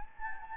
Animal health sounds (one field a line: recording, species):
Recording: mosquito wingbeat signal from an infrared sensor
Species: Anopheles gambiae